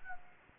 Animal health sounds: mosquito wingbeat signal from an infrared sensor; Anopheles gambiae

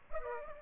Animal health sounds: mosquito wingbeat signal from an infrared sensor; Aedes aegypti

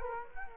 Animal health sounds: mosquito wingbeat signal from an infrared sensor; Culex quinquefasciatus

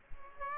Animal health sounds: mosquito wingbeat signal from an infrared sensor; Aedes aegypti

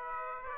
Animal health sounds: mosquito wingbeat signal from an infrared sensor; Aedes aegypti

